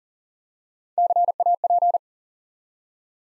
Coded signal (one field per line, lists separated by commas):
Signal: Morse code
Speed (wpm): 38 wpm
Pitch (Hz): 700 Hz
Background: none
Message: CAP